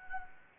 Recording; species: mosquito wingbeat signal from an infrared sensor; Anopheles gambiae